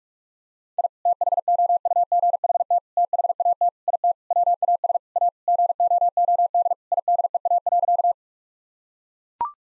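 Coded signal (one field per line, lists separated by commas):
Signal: Morse code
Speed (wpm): 41 wpm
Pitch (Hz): 700 Hz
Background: none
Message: I THOUGHT THAT IT WAS A GOOD IDEA.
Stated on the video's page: Morse practice at 45 wpm, sending sentences built on common four-word phrases for head-copy drill, each sentence sent in Morse, then spoken, then sent again.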